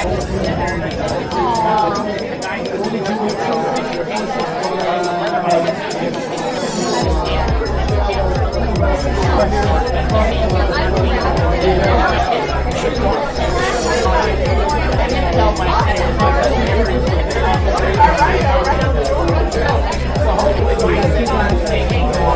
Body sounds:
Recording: background sound without coughing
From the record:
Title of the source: Nightlife Party Simulating Party Club Noise 1 Hour

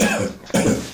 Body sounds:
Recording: coughing mixed with background sound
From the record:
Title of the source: Spring Cold Coughing.

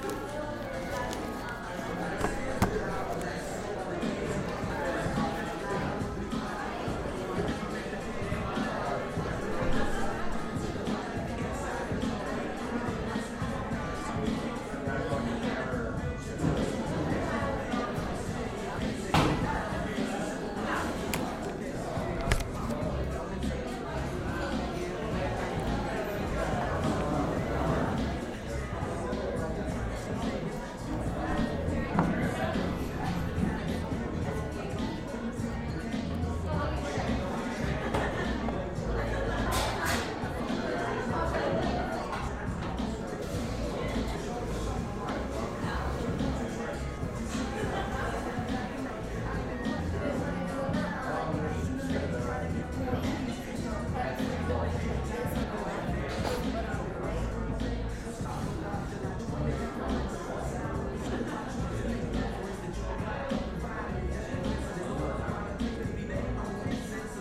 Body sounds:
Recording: background sound without coughing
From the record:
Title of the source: 60 minutes of coffee shop sounds for study and concentration

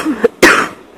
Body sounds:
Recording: coughing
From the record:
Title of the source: 31 night wet cough

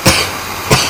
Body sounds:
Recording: coughing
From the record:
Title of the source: Dry Afternoon Cough

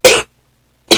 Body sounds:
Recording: coughing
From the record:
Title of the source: 61 morning phlegmy cough...again

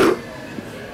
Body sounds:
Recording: coughing mixed with background sound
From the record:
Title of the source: Coughing 77

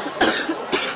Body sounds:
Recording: coughing mixed with background sound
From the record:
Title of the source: 64 coughing, allergies, singing lungs

